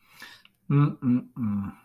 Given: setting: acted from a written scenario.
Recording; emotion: vocal sound without words; sympathy